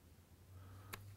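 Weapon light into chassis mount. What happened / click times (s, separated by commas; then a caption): The light clicked into its mount / 0.9 s. A weapon light is pushed into its mounting hole on an MCK Gen 2 chassis and clicks into its slot with a short, sharp click at 0.9 s, seating it in place. A low steady hum runs underneath, and there are no spoken words in the clip.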